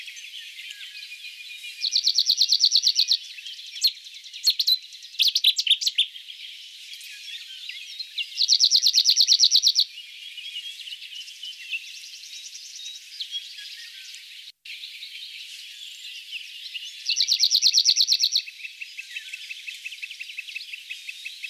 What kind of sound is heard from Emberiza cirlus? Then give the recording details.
song. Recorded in the wild. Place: St. Laurent des Arbres und Umgebung, FR. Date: 2010-05-24. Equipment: MiniDisc Sharp MT 20 H. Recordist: Schwarz, Dieter